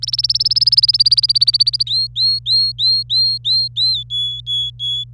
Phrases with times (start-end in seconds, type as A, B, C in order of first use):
0.02-1.83 A, 1.86-4.03 B, 4.10-5.04 C